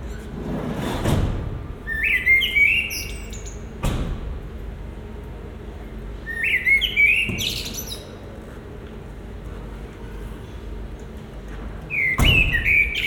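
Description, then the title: Common blackbird gives three separate warbling phrases with thin high endings, spaced several seconds apart, among a few loud knocks and thumps over low background noise. Recorded in Marolles, Brussels, Belgium, with a Sony PCM-M10 recorder and binaural microphones. "Marolles, 1000 Bruxelles, Belgique - Résidence Sainte-Gertrude - Merle - Blackbird"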